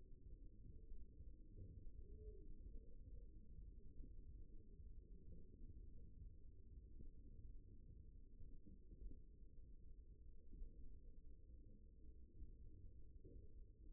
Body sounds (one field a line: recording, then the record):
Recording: forearm muscle sounds (acoustic myography)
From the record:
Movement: index flexion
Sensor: system 1, eight BSWA MPA416 microphones around the upper forearm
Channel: 4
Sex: male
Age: 54 years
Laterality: right